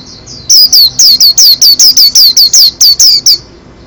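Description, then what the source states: White-eye song: a fast run of many loud, high, down-slurred chirps repeated evenly over about three seconds, with near silence before and after. Lively singer (gacor); tutor recording for kept birds.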